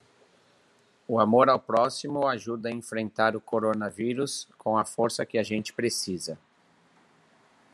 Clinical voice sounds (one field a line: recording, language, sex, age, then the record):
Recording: spoken sentence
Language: Brazilian Portuguese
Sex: male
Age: 40 to 49 years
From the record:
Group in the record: control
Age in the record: 46 years